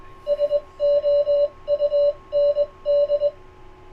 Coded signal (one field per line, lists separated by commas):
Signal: Morse code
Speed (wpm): 21 wpm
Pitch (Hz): 580 Hz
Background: none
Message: SOUND